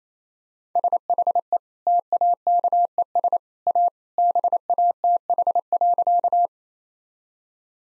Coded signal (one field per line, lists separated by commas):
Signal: Morse code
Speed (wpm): 28 wpm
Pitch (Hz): 700 Hz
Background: none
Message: SHE TAKES A BATH.